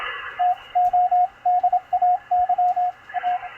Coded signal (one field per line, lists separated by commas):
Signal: Morse code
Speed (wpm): 26 wpm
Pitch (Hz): 720 Hz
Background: radio noise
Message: TODAY A